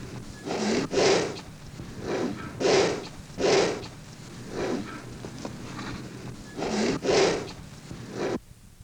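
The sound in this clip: Elephant snorts: several breathy, rasping blasts with quiet gaps between.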